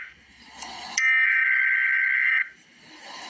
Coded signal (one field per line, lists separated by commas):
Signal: Emergency Alert System (SAME) tones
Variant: header bursts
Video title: Emergency Alert System - Severe Thunderstorm Watch - Apr 4, 2026 at 2:53 PM EDT